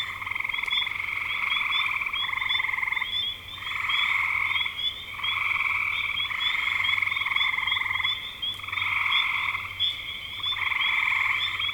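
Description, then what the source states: Frogs calling in a dense chorus, long pulsed trills overlapping and swelling every second or two, with a steady high tone above. Recorded in spring 2025.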